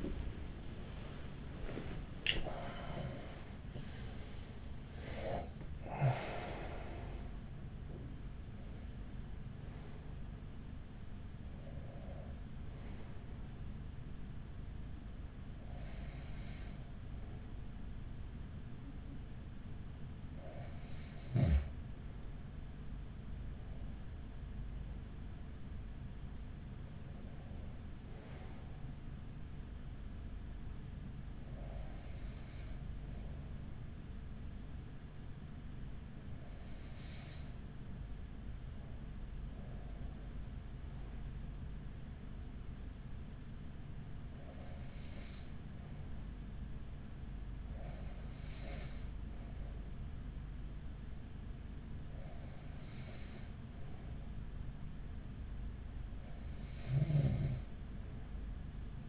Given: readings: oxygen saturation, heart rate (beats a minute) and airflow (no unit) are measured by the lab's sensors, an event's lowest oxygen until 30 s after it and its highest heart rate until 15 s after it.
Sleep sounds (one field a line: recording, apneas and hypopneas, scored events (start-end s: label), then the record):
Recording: breathing in sleep by a smartphone at the bedside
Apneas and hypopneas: 1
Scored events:
0.00-8.00 s: awake
6.00-59.09 s: new sleep stage, N1 (lightest sleep)
11.00-26.80 s: hypopnea (N1, oxygen 98% highest, then 96% lowest)
From the record:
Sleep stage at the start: awake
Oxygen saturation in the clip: 95 to 98%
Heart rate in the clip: 41 to 78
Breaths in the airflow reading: 14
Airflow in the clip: -11.1 to 12.4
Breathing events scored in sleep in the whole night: 207 in 7.6 hours asleep